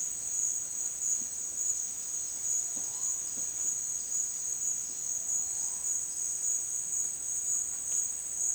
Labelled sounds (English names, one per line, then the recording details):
none
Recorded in dense forest near Puerto Asís, Putumayo, Colombia, on 29 June 2025 at 12:30
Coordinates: 0.466, -76.327
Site GP04